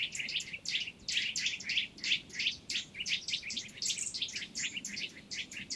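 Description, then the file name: Eurasian nuthatch calling with clipped, bright chirps repeated about three times a second, somewhat uneven in rhythm, over a soft low background rumble. "Sitta europaea"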